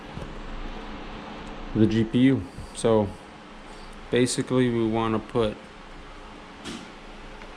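A PCIe 6+2 power cable plug with a plastic connector is being handled near a graphics card's power socket while someone talks over a steady background hum. Nothing has seated or clicked yet; the plug is not yet pushed home.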